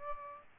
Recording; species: mosquito wingbeat signal from an infrared sensor; Aedes albopictus